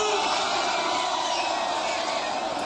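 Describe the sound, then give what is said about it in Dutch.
A crowd of several hundred people at a large illegal party with performances at the town hall in Dalfsen, Overijssel, applauds and cheers in a steady, dense roar, with clapping and shouts blending into a continuous wash of noise that stays loud throughout. “Eén applaus voor jullie zelf!”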